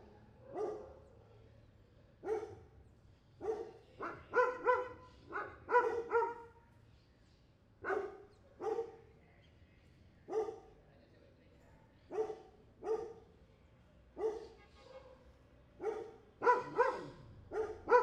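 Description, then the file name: Dog barking steadily, with quick clusters of several barks between single ones, many barks across eighteen seconds over a low background rumble. Street dogs barking in street ambience, Buenos Aires province, Argentina. "ambiente calle prv bs as street dogs barking"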